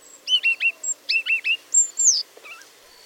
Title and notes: In northern Asia, petite songbirds known as Siberian Rubythroats — like this one — are arriving en masse, some winging their way across the South China Sea from the Philippines, others over the mountains from Thailand.